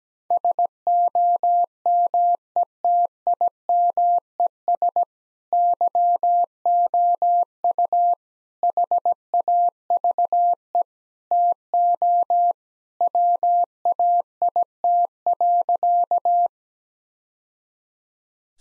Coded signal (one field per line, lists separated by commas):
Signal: Morse code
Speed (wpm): 17 wpm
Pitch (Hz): 700 Hz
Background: none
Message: SOMETIMES YOU HAVE TO WAIT.